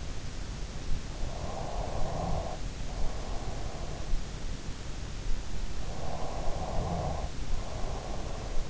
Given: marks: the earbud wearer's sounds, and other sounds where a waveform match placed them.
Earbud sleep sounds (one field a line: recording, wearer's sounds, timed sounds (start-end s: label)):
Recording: sounds in sleep by an in-ear microphone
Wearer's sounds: snoring breath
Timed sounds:
0.62-3.97 s: snoring breath
5.32-8.70 s: snoring breath